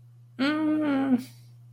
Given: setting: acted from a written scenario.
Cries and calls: vocal sound without words; distress

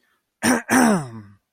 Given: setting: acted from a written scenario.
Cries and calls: vocal sound without words; anger

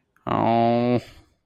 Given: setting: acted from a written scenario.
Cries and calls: vocal sound without words; sadness

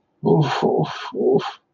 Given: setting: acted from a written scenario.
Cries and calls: vocal sound without words; negative surprise

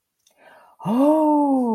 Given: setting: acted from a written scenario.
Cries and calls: vocal sound without words; interest

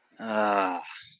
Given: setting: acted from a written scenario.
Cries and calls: vocal sound without words; guilt

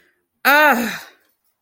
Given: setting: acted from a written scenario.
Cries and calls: vocal sound without words; contempt

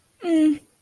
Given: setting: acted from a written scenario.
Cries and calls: vocal sound without words; neutral

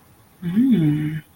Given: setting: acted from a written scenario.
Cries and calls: vocal sound without words; desire

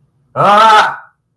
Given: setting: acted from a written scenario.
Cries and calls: vocal sound without words; fear

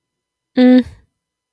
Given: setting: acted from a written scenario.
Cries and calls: vocal sound without words; neutral

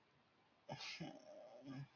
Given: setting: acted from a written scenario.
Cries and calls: vocal sound without words; sympathy

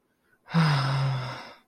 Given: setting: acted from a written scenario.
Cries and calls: vocal sound without words; guilt

